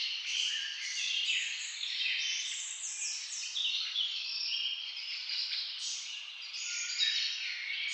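Bird: a dense twittering chorus of birds, rapid chirps and buzzy trills layered without break.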